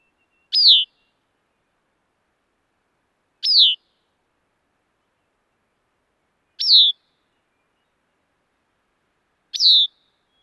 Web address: bicknells thrush